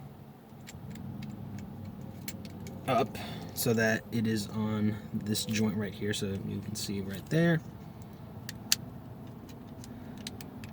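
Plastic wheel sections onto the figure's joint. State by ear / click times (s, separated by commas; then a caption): seated / 8.7 s. Someone talks while plastic wheel sections of a Transformers War for Cybertron Siege Voyager Classic Animation Optimus Prime figure are brought up onto a joint and pressed, with faint plastic ticks and handling along the way. A sharp click at 8.7 s marks the wheel parts locking into place on the joint.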